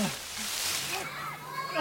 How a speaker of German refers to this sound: Hörst du das? Kinder schreien eben.